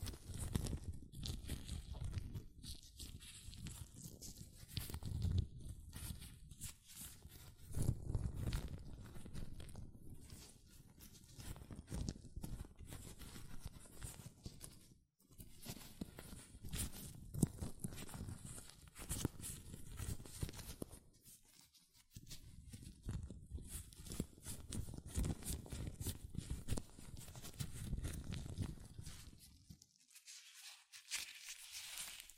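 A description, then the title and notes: Hands rub and stretch inside latex gloves, making dense, continuous rubbery squeaks and crinkling with many quick snaps and pops. The sound rises and falls in bursts, with brief pauses near 15 and 22 seconds and a quieter stretch around 30 seconds. ASMR Latex Gloves Hand Sounds (No Talking).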